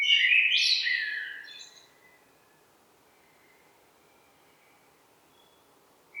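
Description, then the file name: Common blackbird song, a short burst of fluty warbling and high twitter at the start, followed by near silence. "Turdus merula"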